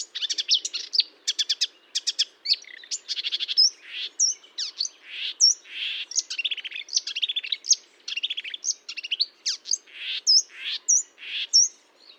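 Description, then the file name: Marsh warbler pouring out a long, hurried medley of buzzy, chattering and clear whistled phrases, each type changing quickly, almost without a break. Recorded at Fourneau, Fontaine-Française, France, on 1 June 2022 at 10:55, using Nagra recorder and Telinga equipment. "Rousserolle verderolle 20220601 1055 Fontaine-Francaise-Fourneau-Nagra-Telinga"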